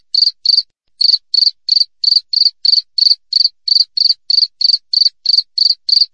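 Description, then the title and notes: Cricket chirping in regular short pulses, roughly three per second, with one early pause; clear and uninterrupted by other noise. Clear natural cricket chirping with tight spacing, used as a tutor recording for training songbirds and for repelling rats. "Masteran Jangkrik Alam Jernih, Jeda Rapat Cocok Untuk Masteran Burung Dan Mengusir Tikus. suara jangkrik"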